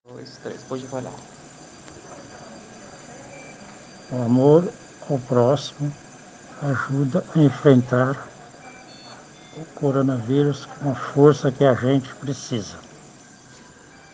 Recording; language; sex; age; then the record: spoken sentence; Brazilian Portuguese; male; 60 to 69 years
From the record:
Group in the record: respiratory insufficiency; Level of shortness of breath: 5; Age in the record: 60 years